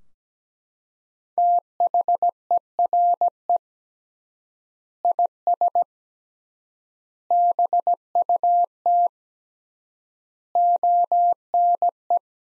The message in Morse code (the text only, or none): THERE IS BUT ONE